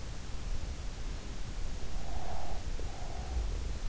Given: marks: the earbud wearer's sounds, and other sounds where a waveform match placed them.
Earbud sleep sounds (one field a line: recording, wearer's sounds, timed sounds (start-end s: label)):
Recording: sounds in sleep by an in-ear microphone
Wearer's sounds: breath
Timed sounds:
1.54-3.61 s: breath